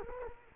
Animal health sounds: mosquito wingbeat signal from an infrared sensor; Culex quinquefasciatus

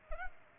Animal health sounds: mosquito wingbeat signal from an infrared sensor; Culex pipiens

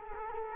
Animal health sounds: mosquito wingbeat signal from an infrared sensor; Culex quinquefasciatus

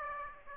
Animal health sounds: mosquito wingbeat signal from an infrared sensor; Aedes aegypti

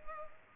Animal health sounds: mosquito wingbeat signal from an infrared sensor; Culex pipiens

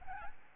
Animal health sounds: mosquito wingbeat signal from an infrared sensor; Aedes albopictus

